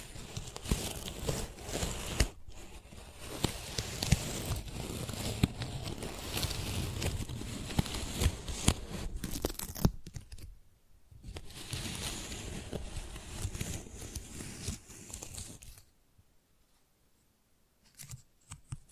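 Tingly flower sounds: dense crinkling, rustling and snipping handled in bursts, with sharp little clicks and crackles scattered throughout. The activity pauses briefly near 2 and 10 seconds, resumes, then drops to near silence after 16 seconds with a few faint taps at the end.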